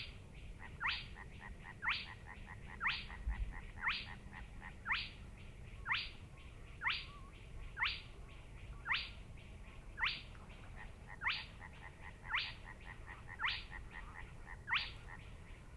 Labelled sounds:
Spotted Crake (Porzana porzana) song

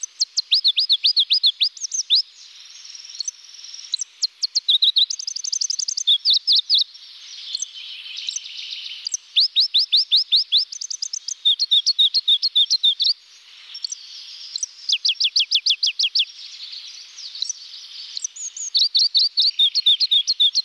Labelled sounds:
Pallas's Leaf Warbler (Phylloscopus proregulus) song

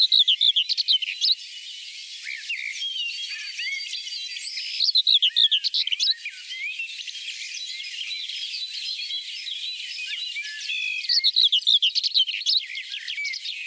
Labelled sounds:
Common Whitethroat (Sylvia communis) song

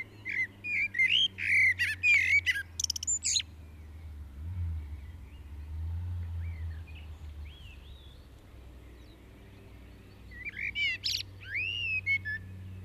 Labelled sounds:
Common Blackbird (Turdus merula) song

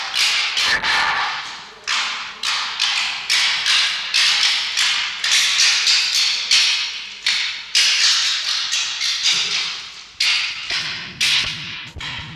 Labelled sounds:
Red Fox (Vulpes vulpes)

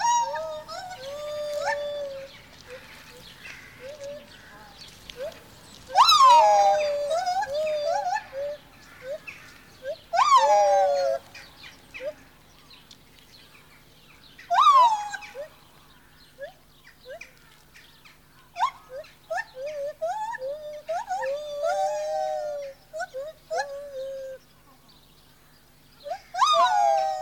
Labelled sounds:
Lar Gibbon (Hylobates lar)

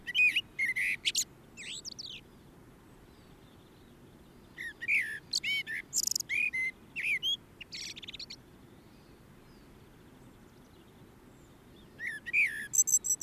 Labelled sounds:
Common Blackbird (Turdus merula) song

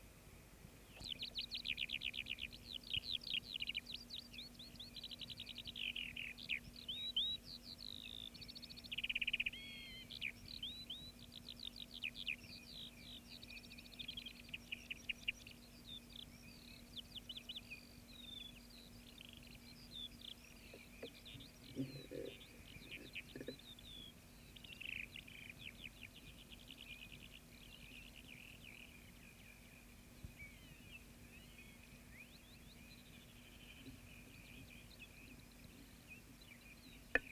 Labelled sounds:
Ortolan Bunting (Emberiza hortulana) alarm call

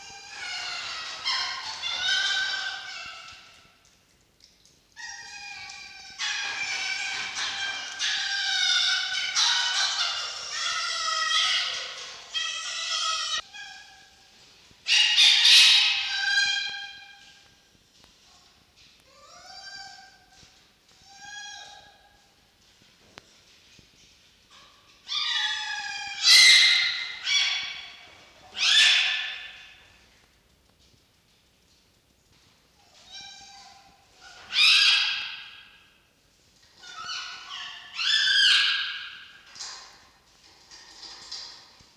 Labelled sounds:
Red Fox (Vulpes vulpes)

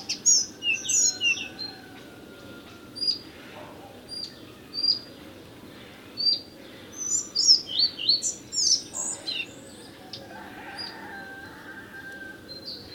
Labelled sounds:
Collared Flycatcher (Ficedula albicollis) song

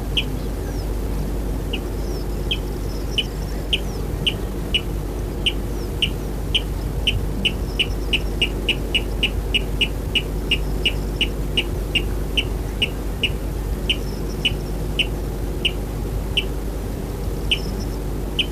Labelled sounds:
Water Rail (Rallus aquaticus)

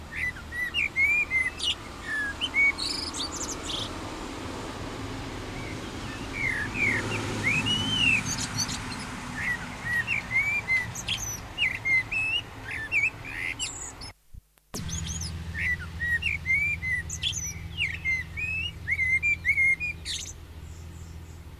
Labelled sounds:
Common Blackbird (Turdus merula) song

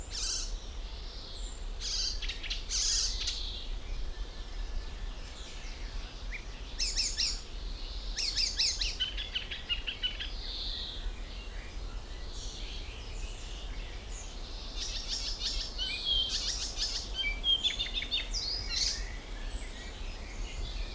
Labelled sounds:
Common Chaffinch (Fringilla coelebs)

